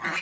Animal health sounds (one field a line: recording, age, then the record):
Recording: pig call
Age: piglet (1 to 25 days)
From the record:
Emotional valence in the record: negative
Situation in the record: castration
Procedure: castration, fixation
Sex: male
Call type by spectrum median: low-frequency call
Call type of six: low-frequency tonal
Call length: 0.22 s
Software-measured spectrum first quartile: 1223 Hz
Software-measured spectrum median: 1870 Hz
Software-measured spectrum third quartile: 2649 Hz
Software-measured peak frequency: 2396 Hz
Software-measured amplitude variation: 116 dB a second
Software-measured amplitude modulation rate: 16.0 a second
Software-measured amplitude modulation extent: 7.2 dB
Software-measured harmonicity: 2.1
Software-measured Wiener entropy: -1.12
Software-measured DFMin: 709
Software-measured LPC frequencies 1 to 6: 1160, 1739, 2300, 4102, 5495, 6417 Hz